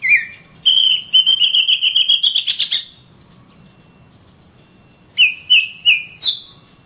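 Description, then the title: Oriental magpie-robin song: a long run of loud, high, rapidly repeated whistled notes, a pause, then four more sliding whistles. Oriental magpie-robin (kacer) song from Kalimantan and Sumatra birds, described as champion-grade and gacor, meaning singing vigorously and continuously. "Kicau Kacer Juara Master Kalimantan Sumatra Gacor"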